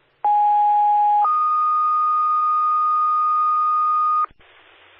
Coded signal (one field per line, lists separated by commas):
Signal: two-tone page